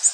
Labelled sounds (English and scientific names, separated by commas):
Orange-crowned Warbler (Leiothlypis celata) flight call